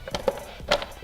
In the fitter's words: snaps right into place and then we're all finished